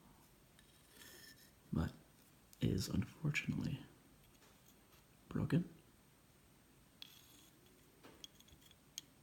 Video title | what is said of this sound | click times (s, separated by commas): Pennsylvanian period, Carboniferous era, fossils for sale or trade | snaps right in just like a Lego and can be easily preserved | 9.0 s